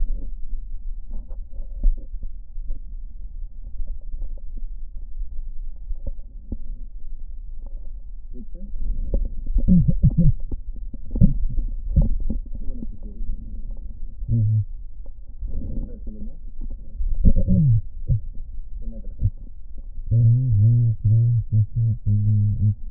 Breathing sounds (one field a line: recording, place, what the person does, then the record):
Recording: lung sounds by stethoscope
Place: right posterior basal chest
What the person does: quiet breathing, then cough and speech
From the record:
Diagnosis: none (healthy)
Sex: male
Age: 35 years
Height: 186 cm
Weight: 108 kg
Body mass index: 31.2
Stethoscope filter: diaphragm mode